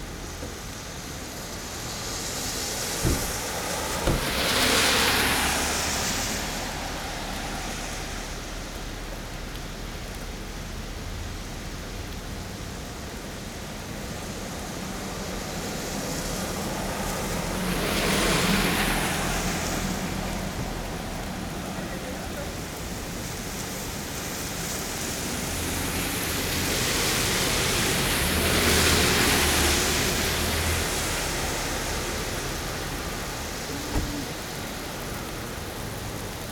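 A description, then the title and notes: Cars hiss past on wet pavement, three passes swelling and fading around 5, 18 and 29 seconds, each a bright spray of tire noise. Between them a steady low rumble and soft wash fill the air, with a few brief knocks near the start and end. Cars on a Rainy Day.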